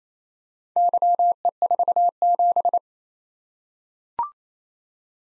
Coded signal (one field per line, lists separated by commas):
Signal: Morse code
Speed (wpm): 27 wpm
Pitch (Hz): 700 Hz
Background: none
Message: YE47